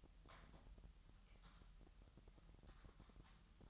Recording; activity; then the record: daily activity, microphone in the room; typing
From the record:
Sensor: 3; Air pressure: 1002.0 hPa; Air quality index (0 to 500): 246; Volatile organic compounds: 50 ppm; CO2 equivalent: 3295 ppm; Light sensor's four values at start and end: 13/41/17/15 and 13/41/17/15